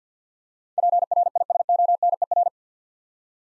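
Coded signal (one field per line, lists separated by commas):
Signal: Morse code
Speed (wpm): 50 wpm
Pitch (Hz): 700 Hz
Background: none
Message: PRISONER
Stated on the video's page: Computer-generated head-copy drill of eight-letter words at 50 wpm, each sent in Morse, spoken, then sent again.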